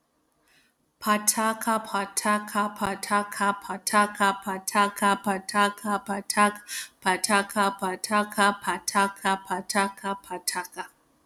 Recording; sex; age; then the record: repeated syllables /pa ta ka/; female; 30 to 39 years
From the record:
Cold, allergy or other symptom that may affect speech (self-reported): no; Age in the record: 35 years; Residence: Texas, United States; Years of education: 18